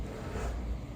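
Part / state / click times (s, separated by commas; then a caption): latching part on a rugged tablet case / not seated / none. A release button is pressed and the latching part on a rugged plastic tablet case for an iPad 10th Gen is pushed closed. Only steady, broadband handling noise with low rumble is heard, with no sharp transient. The clip ends before the part goes home, so nothing has seated or clicked yet.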